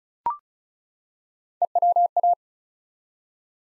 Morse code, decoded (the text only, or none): EWA